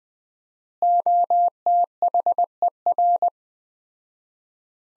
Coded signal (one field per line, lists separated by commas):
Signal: Morse code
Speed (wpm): 21 wpm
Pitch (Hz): 700 Hz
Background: none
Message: OTHER